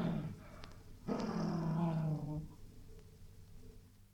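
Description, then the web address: Dog giving a low rumbling growl that swells after a second and fades by two and a half seconds, then quiet. Angry dog growling. "Sound Effects-BBC Dog"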